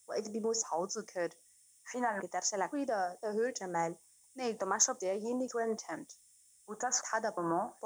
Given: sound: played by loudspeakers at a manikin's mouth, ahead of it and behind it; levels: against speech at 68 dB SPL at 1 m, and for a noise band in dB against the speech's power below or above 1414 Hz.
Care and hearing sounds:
test signals for a remote microphone
0.00-7.85 s: speech test signal (ISTS)
From the record:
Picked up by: remote microphone C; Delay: 23 ms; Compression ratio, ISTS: 1.61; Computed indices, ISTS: SII 0.995, HASPI 0.979, HASQI 0.323 (non-linear 0.389, linear 0.829), ESTOI 0.816

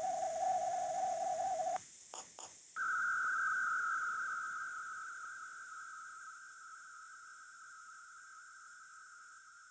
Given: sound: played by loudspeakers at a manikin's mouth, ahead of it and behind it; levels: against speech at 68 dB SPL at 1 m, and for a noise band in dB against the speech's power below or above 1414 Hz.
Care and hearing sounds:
test signals for a remote microphone
0.00-1.76 s: noise band at 707 Hz, as loud as that band is in speech
2.76-9.71 s: noise band at 1414 Hz, as loud as that band is in speech
From the record:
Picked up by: remote microphone D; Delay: 24 ms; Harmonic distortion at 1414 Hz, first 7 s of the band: under -34 dB

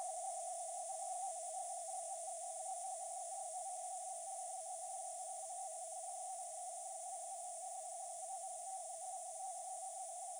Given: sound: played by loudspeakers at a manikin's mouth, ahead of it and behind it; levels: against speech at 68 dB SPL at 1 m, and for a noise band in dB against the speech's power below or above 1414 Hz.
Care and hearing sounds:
test signals for a remote microphone
0.00-10.40 s: noise band at 707 Hz, as loud as that band is in speech
From the record:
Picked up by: remote microphone B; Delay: 24 ms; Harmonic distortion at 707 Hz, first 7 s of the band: under -29 dB

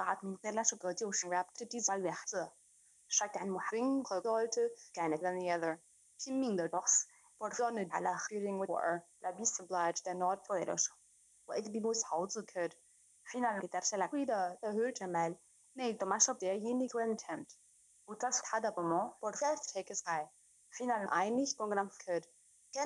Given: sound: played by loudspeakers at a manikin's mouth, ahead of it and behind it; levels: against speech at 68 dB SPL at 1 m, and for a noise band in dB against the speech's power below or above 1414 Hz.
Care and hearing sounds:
test signals for a remote microphone
0.00-22.86 s: speech test signal (ISTS)
From the record:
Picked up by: remote microphone C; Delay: 23 ms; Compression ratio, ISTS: 1.61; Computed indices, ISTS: SII 0.995, HASPI 0.979, HASQI 0.323 (non-linear 0.389, linear 0.829), ESTOI 0.816

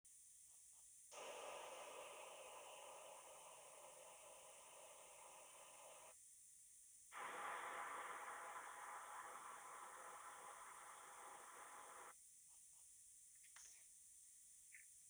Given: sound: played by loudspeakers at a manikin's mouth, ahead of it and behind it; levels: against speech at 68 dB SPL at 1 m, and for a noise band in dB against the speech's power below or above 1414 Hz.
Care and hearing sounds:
test signals for a remote microphone
1.10-6.11 s: speech-spectrum noise from ahead
7.11-12.11 s: speech-spectrum noise from behind
From the record:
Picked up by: remote microphone C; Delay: 23 ms

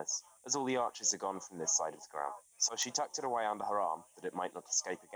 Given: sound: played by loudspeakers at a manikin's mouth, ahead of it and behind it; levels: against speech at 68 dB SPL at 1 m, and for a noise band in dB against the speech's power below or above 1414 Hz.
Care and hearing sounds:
test signals for a remote microphone
0.00-5.16 s: man speaking, babble ahead at +6 dB SNR for speech at 1 m
From the record:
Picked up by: remote microphone B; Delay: 24 ms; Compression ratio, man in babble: 1.70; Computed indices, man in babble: HASPI 0.999, HASQI 0.276 (non-linear 0.326, linear 0.847), ESTOI 0.728

